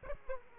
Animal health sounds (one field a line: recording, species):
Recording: mosquito wingbeat signal from an infrared sensor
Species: Aedes aegypti